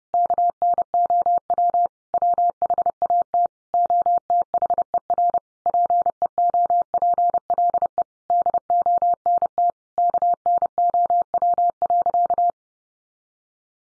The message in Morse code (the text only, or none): KNOW WHAT OTHER PEOPLE DONT KNOW.